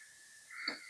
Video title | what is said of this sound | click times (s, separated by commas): CARA PASANG SAKLAR DOUBLE HOTEL DAN SAKLAR TUNGGAL HOTEL TUKAR PANASONIC | Ini tinggal tekan saja, sudah mengunci, dan kita pasang ke outputnya | 0.7 s